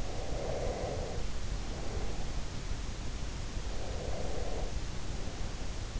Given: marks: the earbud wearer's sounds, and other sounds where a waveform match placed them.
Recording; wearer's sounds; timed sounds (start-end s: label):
sounds in sleep by an in-ear microphone; breath
0.14-2.47 s: breath
3.70-5.64 s: breath